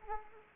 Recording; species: mosquito wingbeat signal from an infrared sensor; Anopheles arabiensis